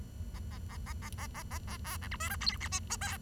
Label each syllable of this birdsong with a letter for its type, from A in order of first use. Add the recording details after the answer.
A A A A A A A A A B C D E F G H I J K. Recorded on 23 June 2012 at 11:14. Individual gr41rd51